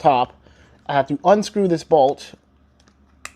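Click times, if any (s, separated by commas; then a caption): 3.2 s. Someone talks while readying a competing smartphone gimbal, then unsnaps the clip holding its folded plastic arm as part of a three-step setup. After the speech stops, a few faint ticks are followed by a single sharp snap at 3.3 s as the folding arm clip releases open.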